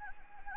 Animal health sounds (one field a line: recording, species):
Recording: mosquito wingbeat signal from an infrared sensor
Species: Anopheles gambiae